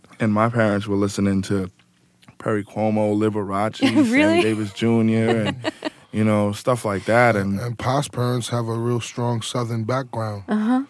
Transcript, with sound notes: And my parents were listening to Perry Como, Liberace, Sammy Davis Jr. and...
Really (laughter)?
You know, stuff like that, and...
And Pos' parents have a real strong Southern background.